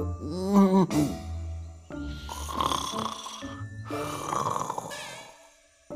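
human body sound, snoring

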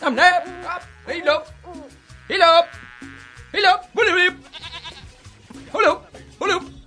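animal, goat bleating

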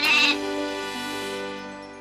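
animal, goat bleating

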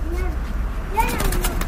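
bird, pigeons cooing

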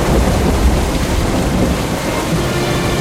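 nature, rain

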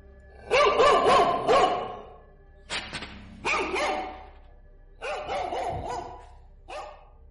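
animal, dogs barking loudly

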